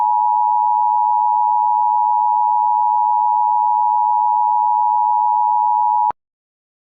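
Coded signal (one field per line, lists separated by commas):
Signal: Emergency Alert System (SAME) tones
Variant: 853 and 960 Hz attention tone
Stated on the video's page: Mock alert on a Spectrum emergency alert screen test.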